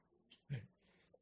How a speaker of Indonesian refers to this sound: Jadi batuk saya, Bu.